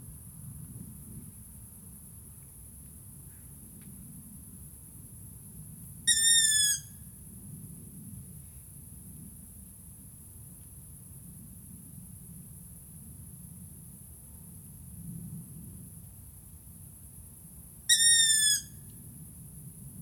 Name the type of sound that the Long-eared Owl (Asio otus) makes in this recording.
call